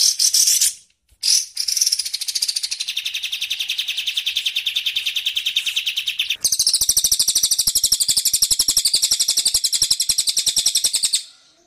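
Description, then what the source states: Bird delivering a rapid, continuous high-pitched trill, briefly broken near the start, then shifting after about six seconds into a harsher, buzzier rattling trill. Bird song used for training songbirds (masteran).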